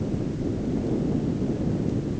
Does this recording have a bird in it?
no